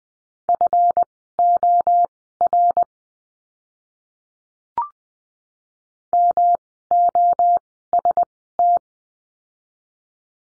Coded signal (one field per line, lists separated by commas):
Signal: Morse code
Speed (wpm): 20 wpm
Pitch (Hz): 700 Hz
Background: none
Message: FOR MOST